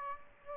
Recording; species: mosquito wingbeat signal from an infrared sensor; Aedes aegypti